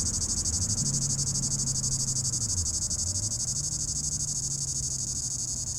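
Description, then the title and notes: Cicada song, a high pulsing buzz repeated about three to four times a second, with a low droning hum wavering underneath. In an apple tree at the top of the Côte de Groisin, Chindrieux, France; 32°; traffic on the RD991; Zoom H4n Pro, preamp level 100. "3029 Rte d'Aix, 73310 Chindrieux, France - cigale. Cigale dans un pommier au sommet de la côte de groisin, il fait 32°"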